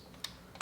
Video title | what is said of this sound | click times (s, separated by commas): RX 6600 - Sapphire Pulse RX 6600 Unboxing and Installing | a little pressure that's it the car just clicked into place and | 0.2 s